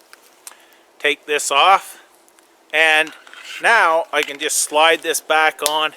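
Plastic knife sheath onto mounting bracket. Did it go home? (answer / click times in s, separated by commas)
yes / 0.1 s, 0.5 s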